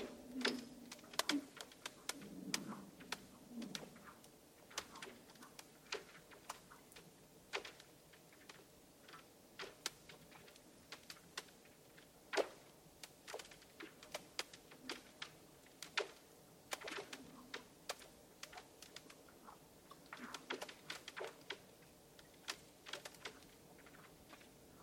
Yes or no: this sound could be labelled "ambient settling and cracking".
yes